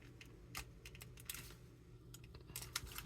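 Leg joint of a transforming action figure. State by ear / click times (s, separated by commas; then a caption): seated / 2.8 s. Someone collapses the plastic leg of a Transformers Generations: Legacy United Sandstorm transforming action figure, producing a series of small, sharp plastic clicks and taps. The leg joint clicks into place with the loudest snap at 2.8 s and is confirmed seated.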